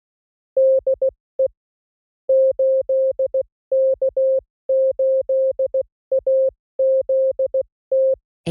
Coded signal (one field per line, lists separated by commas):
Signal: Morse code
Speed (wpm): 16 wpm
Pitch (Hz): 530 Hz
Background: music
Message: DE 8K8AZT